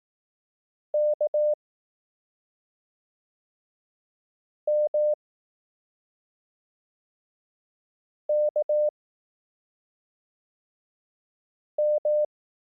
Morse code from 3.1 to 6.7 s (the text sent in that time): M